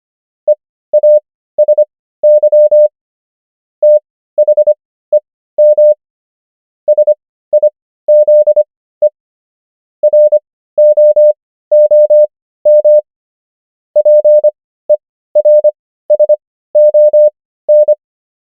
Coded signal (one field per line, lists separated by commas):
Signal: Morse code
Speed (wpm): 25 wpm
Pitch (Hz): 600 Hz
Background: none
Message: EASY THEM SIZE ROOM PERSON